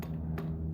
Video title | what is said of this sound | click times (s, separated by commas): Riley Brooklands brake shoes fitted | and there's actually a sort of indent on that so that when it when it rotates it locks into position | 0.0 s, 0.4 s